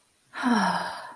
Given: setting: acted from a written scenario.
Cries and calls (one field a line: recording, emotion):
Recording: vocal sound without words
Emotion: disappointment